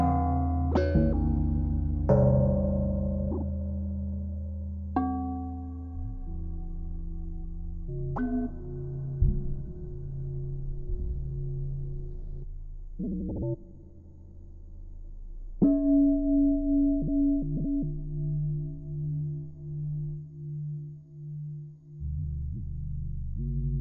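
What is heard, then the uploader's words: Everyday metal objects and vessels are struck one after another, each hit a sharp clang that rings on with a steady, bell-like tone. Strikes land near 1, 2, 5, 8, 13 and 15.5 seconds, and the later rings waver and pulse slowly as they fade. Individual sounds of everyday objects like saucepan lids, wine glasses, tools and implements, vessels and containers. I strike the object once with something, perhaps a chopstick with a rubber band wound around one end, a wooden spoon or something else to hand, and record the sound it makes.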